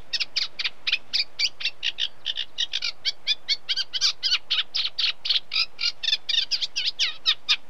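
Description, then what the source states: Eurasian Reed Warbler delivering a long, rhythmic chatter of harsh, churring notes, about four per second, with a faint low hum in the background. Unmated male singing.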